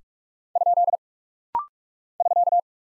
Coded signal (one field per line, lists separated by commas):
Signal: Morse code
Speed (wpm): 44 wpm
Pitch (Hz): 700 Hz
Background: none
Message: ? <SK>